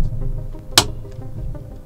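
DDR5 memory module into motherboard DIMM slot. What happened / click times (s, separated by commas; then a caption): The module snapped into its slot / 0.8 s. Background music plays while the second DDR5 memory stick is pushed into its DIMM slot on the motherboard. A single sharp click sounds at 0.8 s as the latches snap closed, seating the stick and completing the 64 GB of RAM installation.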